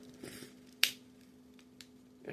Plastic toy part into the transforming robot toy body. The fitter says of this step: have it where you can hear it snap into place.